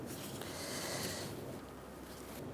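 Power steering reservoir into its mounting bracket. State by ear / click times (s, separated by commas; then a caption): not seated / none. A plastic power steering reservoir for a 2007-2012 Nissan Altima is slid down onto its mounting bracket and lined up with the slits on the bracket. A steady, hissy rustle runs throughout, with one brief sharp tick at 0.4 s. The reservoir is only being handled before it is pushed home, so nothing has seated or clicked yet.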